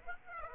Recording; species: mosquito wingbeat signal from an infrared sensor; Aedes aegypti